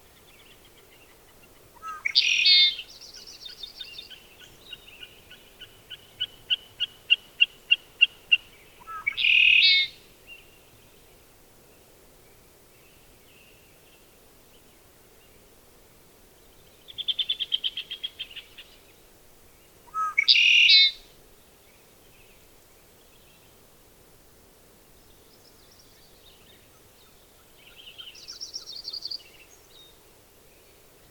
Red-winged Blackbird song and call recorded on the Cub Lake Trail in Rocky Mountain National Park.